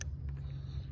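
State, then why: Seated. A plastic wiring harness plug is pushed onto the ignition coil pack of a 2002–2009 GMC Envoy 4.2 (4200) engine after the coil is bolted to the aluminum engine block. A sharp click at 0.0 s marks the connector snapping into place, followed by a fainter tick near 0.3 s over a steady low hum. The connector is seated.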